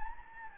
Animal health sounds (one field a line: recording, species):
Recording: mosquito wingbeat signal from an infrared sensor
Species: Anopheles gambiae